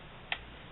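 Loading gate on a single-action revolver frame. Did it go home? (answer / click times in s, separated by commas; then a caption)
released / 0.3 s. The hinged steel loading gate on an unloaded Colt Single Action Army .45 Stagecoach revolver is flipped open. It releases with a single short, bright tick at 0.3 s over a quiet background.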